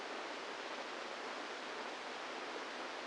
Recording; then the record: brain microelectrode recording played as sound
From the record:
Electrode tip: inside the subthalamic nucleus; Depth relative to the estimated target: -3 mm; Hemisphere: right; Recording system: NeuroSet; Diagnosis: Parkinson's disease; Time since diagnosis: 10 years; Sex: female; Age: 45 years